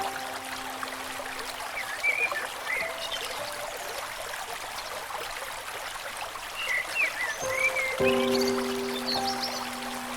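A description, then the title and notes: Soft piano notes ring out over the steady rush and trickle of a river. A low chord sustains through the first few seconds, and a fresh chord is struck around eight seconds. Short, high chirps flicker above the water throughout. Piano music with river sounds.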